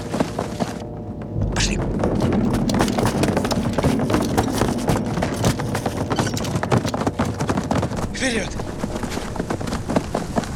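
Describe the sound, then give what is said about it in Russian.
Many soldiers' boots pound along at a rapid, uneven pace after they jump out of windows at a fortress, a dense, loud patter of running footsteps that carries on steadily for the whole stretch, with a few brief breathy bursts mixed in. “Бойцы лейтенанта выпрыгивают из окон и бегут.”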